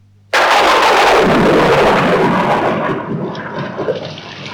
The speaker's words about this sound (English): What a miserable day. It's raining again. It always rains in England, doesn't it?